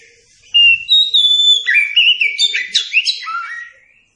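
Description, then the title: Oriental magpie-robin song: long pure whistled notes followed by a rapid run of varied slurred, warbling phrases that fade out at the end. Song recording used as a model for training captive birds. "Masteran Burung Kacer"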